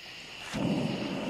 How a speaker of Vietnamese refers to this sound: Nghe tiếng súng gì đó.